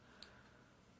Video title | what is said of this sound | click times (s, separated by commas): 1911 Pistol Disassembly and Reassembly | until it clicks right back into place. | 0.2 s